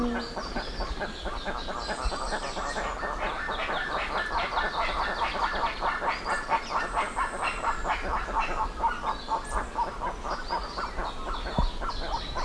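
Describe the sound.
Guan calls: a steady stream of rough, honking notes at about two per second, with thin whistled notes of other birds above.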